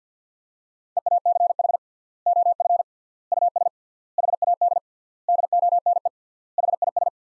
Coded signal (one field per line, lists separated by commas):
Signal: Morse code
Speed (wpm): 50 wpm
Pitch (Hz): 700 Hz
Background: none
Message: EACH OF US HAD DONE HIS